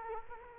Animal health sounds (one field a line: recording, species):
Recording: mosquito wingbeat signal from an infrared sensor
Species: Culex quinquefasciatus